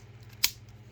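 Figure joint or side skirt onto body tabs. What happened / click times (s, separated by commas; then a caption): The plastic part clipped into place / 0.4 s. A figure joint or side skirt on a plastic Transformers Legacy Deluxe Cosmos figure is clipped onto the body tabs on the second side, with the side skirts folded down. A single sharp plastic click at 0.4 s stands out over a low steady hum, and the part is seated.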